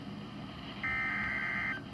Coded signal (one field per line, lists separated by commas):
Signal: Emergency Alert System (SAME) tones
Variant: header bursts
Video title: 5/27/21 Severe Thunderstorm Warning [EAS #488]